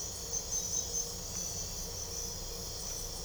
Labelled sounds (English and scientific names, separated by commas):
none